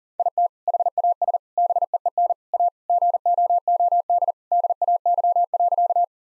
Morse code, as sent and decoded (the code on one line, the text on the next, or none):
.. - / .... .- ... / -... . . -. / .- / --. --- --- -.. / -.. .- -.-- .-.-.-
IT HAS BEEN A GOOD DAY.